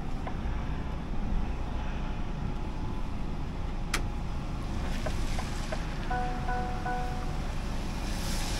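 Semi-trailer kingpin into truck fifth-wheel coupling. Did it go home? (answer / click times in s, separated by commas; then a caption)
yes / 3.9 s. A truck backs under a semi-trailer, and its fifth-wheel coupling locks onto the trailer kingpin. Over a steady low engine rumble, a sharp click at 3.9 s marks the coupling latching in, and a short series of steady tones follows around 6.1 to 7.4 s. The trailer is coupled and seated.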